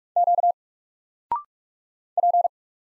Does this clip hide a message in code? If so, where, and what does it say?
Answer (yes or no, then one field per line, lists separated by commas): yes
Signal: Morse code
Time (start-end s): 0.2-2.5 s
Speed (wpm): 45 wpm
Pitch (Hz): 700 Hz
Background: none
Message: Q P